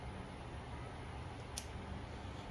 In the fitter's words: little groove you lock into place and then just